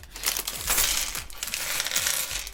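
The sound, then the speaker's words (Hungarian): A plastic bag of Lego pieces rustles and crinkles continuously, with bright crackly bursts and faint clicking of small parts shifting inside, moderately loud with no talking. “Nézd, Lego zacskó.”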